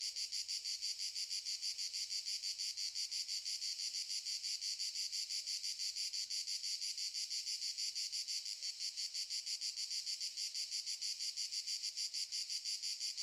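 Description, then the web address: Cicadas stridulating in a loud, high, hissing buzz, pulsing steadily several times per second without pause throughout. Cicadas stridulating very loudly in summer fields during the morning. "Sculp Tunes - Summer in the field - Crickets and Cicadas"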